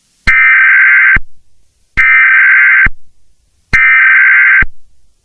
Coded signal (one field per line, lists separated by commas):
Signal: Emergency Alert System (SAME) tones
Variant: header bursts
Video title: EAS Scenario: The Wrath of the Drones